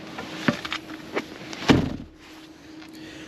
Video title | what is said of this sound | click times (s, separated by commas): 2023 Audi SQ5 - Full Features Review & POV Test Drive | folds down like so and if you push it down it'll actually click and lock into place | 0.5 s